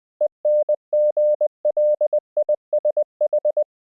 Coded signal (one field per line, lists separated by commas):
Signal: Morse code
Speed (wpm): 20 wpm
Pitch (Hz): 600 Hz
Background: none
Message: ENGLISH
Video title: What Morse Code Teaches Us About Learning English | B1 English Listening Practice